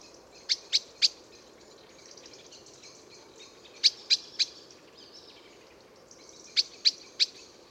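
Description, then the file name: Common blackbird uttering sharp chink notes in three-note clusters, repeated roughly every three seconds over a faint hiss. "Turdus merula"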